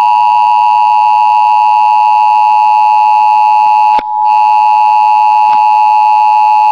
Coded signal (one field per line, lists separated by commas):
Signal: Emergency Alert System (SAME) tones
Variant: 853 and 960 Hz attention tone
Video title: EAS Scenario Amber Alert (September 2017)